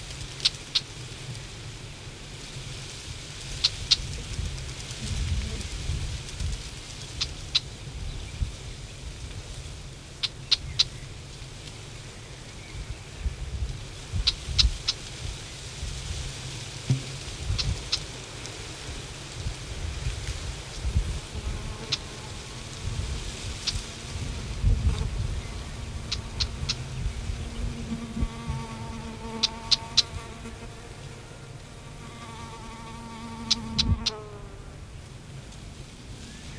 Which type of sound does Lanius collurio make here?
call